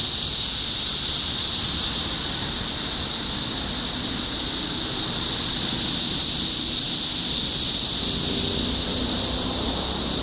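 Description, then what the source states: Cicadas sustain a high, sizzling chorus without breaks, and a faint low tone appears toward the end beneath it. Topeka, Kansas; 14 June 2015.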